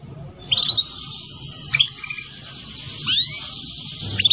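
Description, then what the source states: Canary song in short bursts: chattering trills, a sustained high rattle and a clear upward-sweeping whistle near the end. Recording used as a bird lure.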